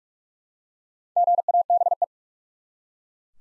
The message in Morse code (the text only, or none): GABE